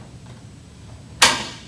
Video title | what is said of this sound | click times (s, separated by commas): How to: Fisher & Paykel Airvo 2 | and you hear that lock to let you know that it has locked into place | 1.2 s